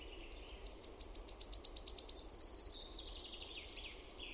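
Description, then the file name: Wood warbler singing: spaced high ticks quickening into a loud, even, shimmering trill lasting over a second before it stops. "SIRITTAJA"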